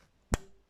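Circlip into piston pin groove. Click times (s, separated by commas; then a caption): 0.3 s. A metal circlip is pushed into the groove of the piston pin bore while a scooter engine is being reassembled, and it seats with a sharp, bright click at 0.3 seconds that rings briefly before fading. A fainter tick follows at 0.8 seconds. The clip is then turned to check that it rotates properly in the groove.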